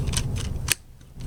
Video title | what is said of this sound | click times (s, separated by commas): Installing the NEW Kreepy Krauly Automatic Pool Cleaner by Pentair (360040 or 360042)4 | you hear that snap and that's in there | 0.7 s